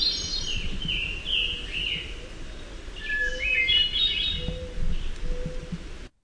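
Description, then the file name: Hermit thrush phrases, fluty and cascading, with faint low whistles and a low rumble beneath. "HETH song"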